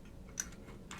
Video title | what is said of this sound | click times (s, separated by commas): KeyBay Tech The Secret 65 Build Stream - VOD | Heard our pogo pin click in, which is really nice. | 0.4 s